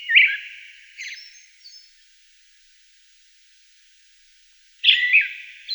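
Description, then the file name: Thrush song: a smeared fluty phrase climbing into thin high notes, a long silence, then another phrase begins. "Drozd olivkovyj"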